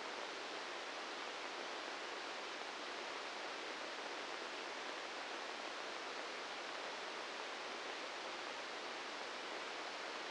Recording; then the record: brain microelectrode recording played as sound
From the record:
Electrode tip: outside the subthalamic nucleus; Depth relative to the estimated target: -8 mm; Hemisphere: right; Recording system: NeuroSet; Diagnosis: Parkinson's disease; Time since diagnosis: 15 years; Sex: male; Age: 65 years